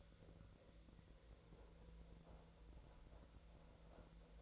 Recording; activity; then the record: daily activity, microphone in the room; make coffee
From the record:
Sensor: 3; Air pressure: 1009.4 hPa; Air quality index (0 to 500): 198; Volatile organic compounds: 17 ppm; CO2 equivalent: 2565 ppm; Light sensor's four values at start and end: 33/83/35/37 and 33/83/35/37